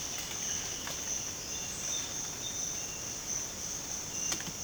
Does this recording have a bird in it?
no